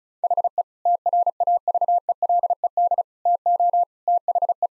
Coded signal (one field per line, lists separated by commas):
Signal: Morse code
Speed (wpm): 36 wpm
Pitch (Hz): 700 Hz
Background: none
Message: HE TRAVELED TO THE